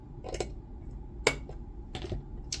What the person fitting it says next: I love how nice those just snap into place.